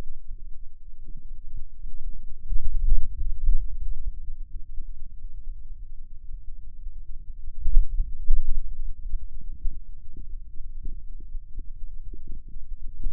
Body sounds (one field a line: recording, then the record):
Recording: forearm muscle sounds (acoustic myography)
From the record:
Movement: hand opening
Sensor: system 2, bracelet of six BSWA MPA416 microphones around the upper forearm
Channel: 5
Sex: male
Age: 22 years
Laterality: right